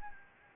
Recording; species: mosquito wingbeat signal from an infrared sensor; Anopheles gambiae